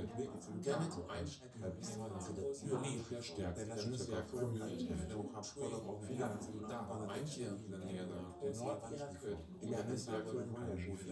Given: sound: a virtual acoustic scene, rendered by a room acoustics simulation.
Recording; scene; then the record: noise of the scene; living room, symmetric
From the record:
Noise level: 70 dB SPL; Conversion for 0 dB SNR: 6.9 dB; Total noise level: 76.9 dB SPL